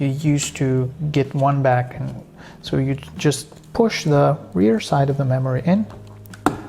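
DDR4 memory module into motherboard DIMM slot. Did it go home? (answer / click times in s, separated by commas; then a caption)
yes / 6.5 s. A DDR4 memory module is pushed into a motherboard DIMM slot, rear side first and then the front, while someone talks. Two faint taps at 6.3 s lead into a sharp click at 6.5 s as the module seats in the slot.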